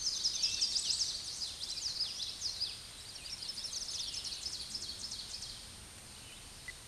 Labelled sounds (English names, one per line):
Ovenbird song